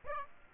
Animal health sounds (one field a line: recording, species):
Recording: mosquito wingbeat signal from an infrared sensor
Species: Aedes aegypti